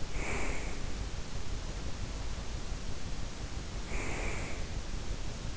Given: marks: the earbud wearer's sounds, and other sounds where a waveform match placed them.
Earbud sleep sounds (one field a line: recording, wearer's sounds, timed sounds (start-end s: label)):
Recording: sounds in sleep by an in-ear microphone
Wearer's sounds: breath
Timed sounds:
0.00-1.26 s: breath
3.76-4.80 s: breath